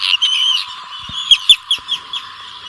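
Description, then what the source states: Arctic tern calls: a harsh, grating high call followed by a string of short sharp notes. Migrates about 12,000 km along Africa's coast to the Cape of Good Hope; flits about a metre above the water.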